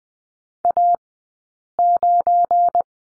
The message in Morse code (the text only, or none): A9